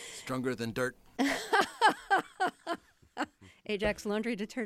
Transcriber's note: laughter